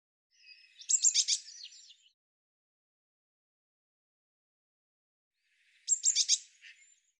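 Eurasian blue tit calling twice, each a short burst of harsh, rapid high churring notes, the bursts about five seconds apart.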